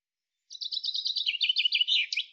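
Common chaffinch singing one descending trill of sharp notes ending in a short flourish; no other sounds.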